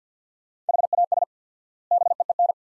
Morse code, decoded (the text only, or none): HAS BEEN